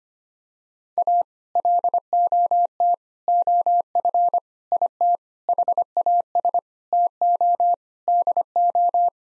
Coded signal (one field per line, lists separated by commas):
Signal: Morse code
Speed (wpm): 25 wpm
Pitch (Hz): 700 Hz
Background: none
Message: A LOT OF IT HAS TO DO